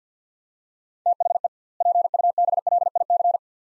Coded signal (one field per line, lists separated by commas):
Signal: Morse code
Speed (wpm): 50 wpm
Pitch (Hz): 700 Hz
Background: none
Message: THE PUBLIC